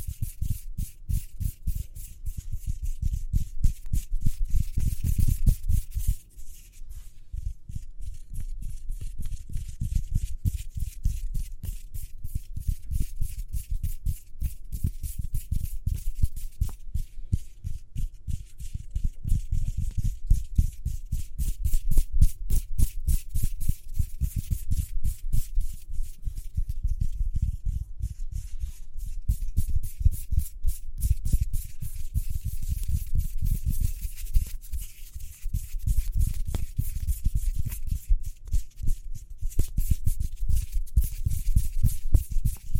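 Hands make a fast, steady run of soft rubbing and patting strokes, packed closely together with an even rhythm throughout. The sound is mostly low and thumpy with a faint hissy brush on top, and it dips briefly near six seconds before resuming.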